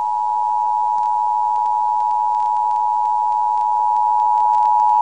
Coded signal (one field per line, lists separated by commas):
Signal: Emergency Alert System (SAME) tones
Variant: 853 and 960 Hz attention tone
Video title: Albany, NY Required Monthly Test (4/4/23)